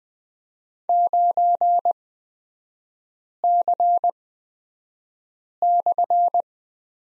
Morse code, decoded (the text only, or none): 9C/